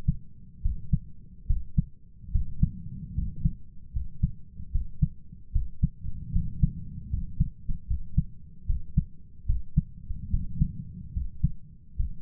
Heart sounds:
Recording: heart sounds by stethoscope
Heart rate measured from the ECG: 74 bpm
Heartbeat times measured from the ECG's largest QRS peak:
0.61 s: heartbeat
1.46 s: heartbeat
2.31 s: heartbeat
3.14 s: heartbeat
3.92 s: heartbeat
4.70 s: heartbeat
5.51 s: heartbeat
6.31 s: heartbeat
7.09 s: heartbeat
7.86 s: heartbeat
8.65 s: heartbeat
9.45 s: heartbeat
10.29 s: heartbeat
11.12 s: heartbeat
11.95 s: heartbeat
From the record:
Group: healthy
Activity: cold pressor test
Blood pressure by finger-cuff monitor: 120/79 mmHg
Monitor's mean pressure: 89 mmHg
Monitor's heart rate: 74 bpm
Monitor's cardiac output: 6.6 L/min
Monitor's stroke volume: 89 mL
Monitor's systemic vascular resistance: 980 dyn s/cm5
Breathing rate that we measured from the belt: 16 breaths a minute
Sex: male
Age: 23 years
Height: 178 cm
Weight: 96.6 kg

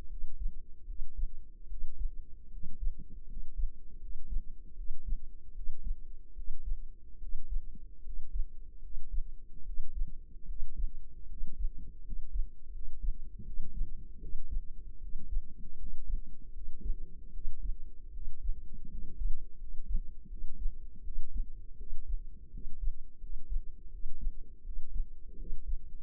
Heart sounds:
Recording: heart sounds by microphone in the left ear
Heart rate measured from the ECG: 78 bpm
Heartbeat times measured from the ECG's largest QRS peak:
0.07 s: heartbeat
0.84 s: heartbeat
1.67 s: heartbeat
2.49 s: heartbeat
3.25 s: heartbeat
3.98 s: heartbeat
4.74 s: heartbeat
5.52 s: heartbeat
6.33 s: heartbeat
7.18 s: heartbeat
8.01 s: heartbeat
8.79 s: heartbeat
9.63 s: heartbeat
10.45 s: heartbeat
11.26 s: heartbeat
12.01 s: heartbeat
12.70 s: heartbeat
13.43 s: heartbeat
14.18 s: heartbeat
14.98 s: heartbeat
15.75 s: heartbeat
16.51 s: heartbeat
17.30 s: heartbeat
18.10 s: heartbeat
18.87 s: heartbeat
19.56 s: heartbeat
20.27 s: heartbeat
21.01 s: heartbeat
21.76 s: heartbeat
22.50 s: heartbeat
23.18 s: heartbeat
23.89 s: heartbeat
24.62 s: heartbeat
25.35 s: heartbeat
From the record:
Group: healthy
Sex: male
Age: 20 years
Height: 167 cm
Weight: 61 kg

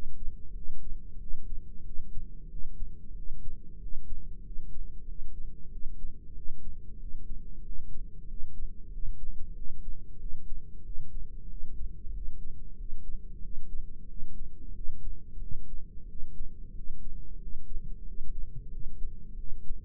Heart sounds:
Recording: heart sounds by microphone in the right ear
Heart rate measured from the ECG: 92 bpm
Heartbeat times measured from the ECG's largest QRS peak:
0.52 s: heartbeat
1.17 s: heartbeat
1.82 s: heartbeat
2.46 s: heartbeat
3.12 s: heartbeat
3.77 s: heartbeat
4.41 s: heartbeat
5.04 s: heartbeat
5.68 s: heartbeat
6.32 s: heartbeat
6.96 s: heartbeat
7.60 s: heartbeat
8.24 s: heartbeat
8.88 s: heartbeat
9.52 s: heartbeat
10.16 s: heartbeat
10.81 s: heartbeat
11.46 s: heartbeat
12.10 s: heartbeat
12.74 s: heartbeat
13.39 s: heartbeat
14.05 s: heartbeat
14.71 s: heartbeat
15.38 s: heartbeat
16.05 s: heartbeat
16.71 s: heartbeat
17.37 s: heartbeat
18.03 s: heartbeat
18.68 s: heartbeat
19.35 s: heartbeat
From the record:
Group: heart failure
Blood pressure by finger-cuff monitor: 104/67 mmHg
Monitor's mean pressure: 79 mmHg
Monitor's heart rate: 93 bpm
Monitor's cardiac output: 7.8 L/min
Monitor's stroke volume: 84 mL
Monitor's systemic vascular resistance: 740 dyn s/cm5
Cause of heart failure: ischemic heart disease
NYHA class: 1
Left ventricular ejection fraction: 38%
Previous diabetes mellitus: present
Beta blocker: bisoprolol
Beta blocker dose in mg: 15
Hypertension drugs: sacubitril-valsartan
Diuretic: furosemide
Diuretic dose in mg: 20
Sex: male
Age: 33 years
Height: 172 cm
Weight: 78.5 kg

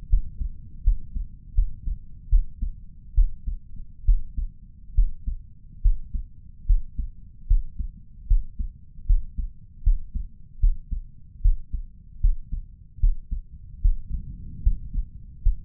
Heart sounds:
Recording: heart sounds by stethoscope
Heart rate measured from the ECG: 74 bpm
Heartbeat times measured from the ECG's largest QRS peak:
0.09 s: heartbeat
0.83 s: heartbeat
1.54 s: heartbeat
2.29 s: heartbeat
3.14 s: heartbeat
4.05 s: heartbeat
4.94 s: heartbeat
5.81 s: heartbeat
6.66 s: heartbeat
7.47 s: heartbeat
8.27 s: heartbeat
9.06 s: heartbeat
9.83 s: heartbeat
10.59 s: heartbeat
11.41 s: heartbeat
12.20 s: heartbeat
12.99 s: heartbeat
13.81 s: heartbeat
14.62 s: heartbeat
15.42 s: heartbeat
From the record:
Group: healthy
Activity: rest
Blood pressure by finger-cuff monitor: 156/95 mmHg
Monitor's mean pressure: 115 mmHg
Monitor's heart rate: 75 bpm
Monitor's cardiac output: 5.7 L/min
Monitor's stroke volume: 76 mL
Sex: male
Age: 35 years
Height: 178 cm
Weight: 64 kg

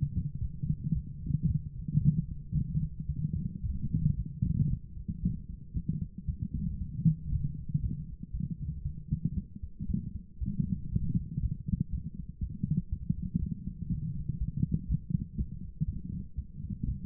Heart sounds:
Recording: heart sounds by stethoscope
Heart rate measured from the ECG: 117 bpm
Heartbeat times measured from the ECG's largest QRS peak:
0.40 s: heartbeat
0.93 s: heartbeat
1.46 s: heartbeat
1.99 s: heartbeat
2.53 s: heartbeat
3.07 s: heartbeat
3.62 s: heartbeat
4.15 s: heartbeat
4.68 s: heartbeat
5.21 s: heartbeat
5.73 s: heartbeat
6.26 s: heartbeat
6.79 s: heartbeat
7.30 s: heartbeat
7.81 s: heartbeat
8.32 s: heartbeat
8.83 s: heartbeat
9.35 s: heartbeat
9.87 s: heartbeat
10.39 s: heartbeat
10.90 s: heartbeat
11.41 s: heartbeat
11.91 s: heartbeat
12.40 s: heartbeat
12.90 s: heartbeat
13.40 s: heartbeat
13.90 s: heartbeat
14.39 s: heartbeat
14.88 s: heartbeat
15.37 s: heartbeat
15.86 s: heartbeat
16.36 s: heartbeat
16.86 s: heartbeat
From the record:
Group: healthy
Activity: light exercise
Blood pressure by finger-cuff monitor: 100/42 mmHg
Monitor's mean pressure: 63 mmHg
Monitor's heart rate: 117 bpm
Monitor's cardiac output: 14.2 L/min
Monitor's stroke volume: 117 mL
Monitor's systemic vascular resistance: 290 dyn s/cm5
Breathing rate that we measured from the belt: 19 breaths a minute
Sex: female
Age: 24 years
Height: 163 cm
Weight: 55.7 kg

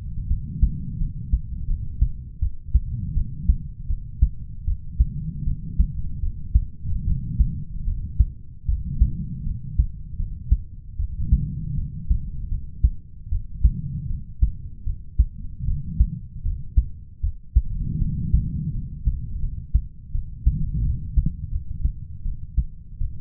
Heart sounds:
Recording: heart sounds by stethoscope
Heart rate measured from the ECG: 79 bpm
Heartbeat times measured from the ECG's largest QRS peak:
0.27 s: heartbeat
0.97 s: heartbeat
1.66 s: heartbeat
2.39 s: heartbeat
3.14 s: heartbeat
3.87 s: heartbeat
4.64 s: heartbeat
5.44 s: heartbeat
6.20 s: heartbeat
7.04 s: heartbeat
7.84 s: heartbeat
8.65 s: heartbeat
9.43 s: heartbeat
10.16 s: heartbeat
10.96 s: heartbeat
11.75 s: heartbeat
12.48 s: heartbeat
13.29 s: heartbeat
14.07 s: heartbeat
14.83 s: heartbeat
15.65 s: heartbeat
16.42 s: heartbeat
17.20 s: heartbeat
17.98 s: heartbeat
18.71 s: heartbeat
19.39 s: heartbeat
20.11 s: heartbeat
20.82 s: heartbeat
21.50 s: heartbeat
22.22 s: heartbeat
22.98 s: heartbeat
From the record:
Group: healthy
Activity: rest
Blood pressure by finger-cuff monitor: 90/66 mmHg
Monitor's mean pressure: 73 mmHg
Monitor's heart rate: 79 bpm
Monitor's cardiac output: 5.7 L/min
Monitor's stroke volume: 73 mL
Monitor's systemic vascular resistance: 920 dyn s/cm5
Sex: male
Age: 20 years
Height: 187 cm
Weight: 68.9 kg

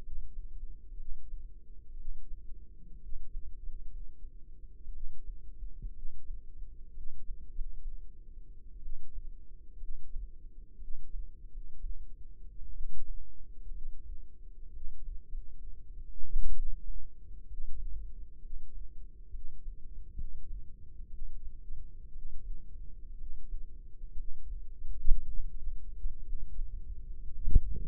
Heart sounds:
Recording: heart sounds by microphone in the left ear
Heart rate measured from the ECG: 62 bpm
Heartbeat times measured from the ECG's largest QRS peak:
0.94 s: heartbeat
1.93 s: heartbeat
2.97 s: heartbeat
3.58 s: heartbeat
4.90 s: heartbeat
5.91 s: heartbeat
6.91 s: heartbeat
7.50 s: heartbeat
8.79 s: heartbeat
9.77 s: heartbeat
10.76 s: heartbeat
11.47 s: heartbeat
12.71 s: heartbeat
13.69 s: heartbeat
14.69 s: heartbeat
15.26 s: heartbeat
16.52 s: heartbeat
17.46 s: heartbeat
18.38 s: heartbeat
19.29 s: heartbeat
20.13 s: heartbeat
21.07 s: heartbeat
22.10 s: heartbeat
23.14 s: heartbeat
24.13 s: heartbeat
25.21 s: heartbeat
26.20 s: heartbeat
27.16 s: heartbeat
From the record:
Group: healthy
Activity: rest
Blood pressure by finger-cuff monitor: 102/65 mmHg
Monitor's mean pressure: 75 mmHg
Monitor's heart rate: 60 bpm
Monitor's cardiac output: 5.2 L/min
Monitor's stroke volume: 81 mL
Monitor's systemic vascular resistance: 1030 dyn s/cm5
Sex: female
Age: 22 years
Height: 171 cm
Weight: 65.6 kg

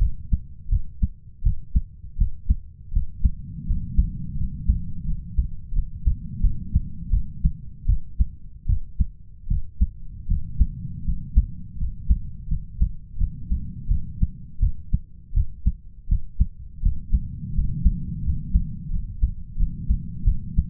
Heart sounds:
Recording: heart sounds by stethoscope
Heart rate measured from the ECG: 83 bpm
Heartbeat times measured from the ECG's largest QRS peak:
0.69 s: heartbeat
1.43 s: heartbeat
2.17 s: heartbeat
2.92 s: heartbeat
3.66 s: heartbeat
4.36 s: heartbeat
5.05 s: heartbeat
5.73 s: heartbeat
6.41 s: heartbeat
7.10 s: heartbeat
7.86 s: heartbeat
8.66 s: heartbeat
9.48 s: heartbeat
10.27 s: heartbeat
11.04 s: heartbeat
11.77 s: heartbeat
12.48 s: heartbeat
13.17 s: heartbeat
13.88 s: heartbeat
14.60 s: heartbeat
15.33 s: heartbeat
16.08 s: heartbeat
16.82 s: heartbeat
17.54 s: heartbeat
18.23 s: heartbeat
18.90 s: heartbeat
19.57 s: heartbeat
20.24 s: heartbeat
From the record:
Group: healthy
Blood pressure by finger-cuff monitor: 108/66 mmHg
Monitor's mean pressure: 82 mmHg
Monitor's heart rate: 83 bpm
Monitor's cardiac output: 7.7 L/min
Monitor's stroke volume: 94 mL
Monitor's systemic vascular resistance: 770 dyn s/cm5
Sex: male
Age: 33 years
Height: 179 cm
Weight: 80.4 kg

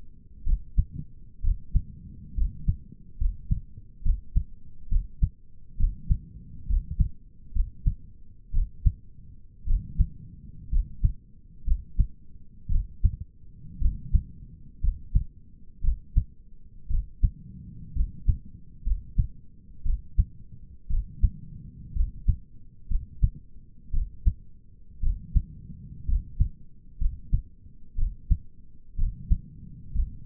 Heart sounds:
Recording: heart sounds by stethoscope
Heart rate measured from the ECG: 61 bpm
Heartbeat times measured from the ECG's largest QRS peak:
0.46 s: heartbeat
1.44 s: heartbeat
2.37 s: heartbeat
3.20 s: heartbeat
4.05 s: heartbeat
4.91 s: heartbeat
5.79 s: heartbeat
6.69 s: heartbeat
7.55 s: heartbeat
8.54 s: heartbeat
9.67 s: heartbeat
10.72 s: heartbeat
11.67 s: heartbeat
12.71 s: heartbeat
13.81 s: heartbeat
14.83 s: heartbeat
15.84 s: heartbeat
16.90 s: heartbeat
17.96 s: heartbeat
18.86 s: heartbeat
19.86 s: heartbeat
20.90 s: heartbeat
21.96 s: heartbeat
22.90 s: heartbeat
23.93 s: heartbeat
25.03 s: heartbeat
26.08 s: heartbeat
27.00 s: heartbeat
27.98 s: heartbeat
28.98 s: heartbeat
29.95 s: heartbeat
From the record:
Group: healthy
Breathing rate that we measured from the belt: 15 breaths a minute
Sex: male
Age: 22 years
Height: 181 cm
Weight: 79 kg

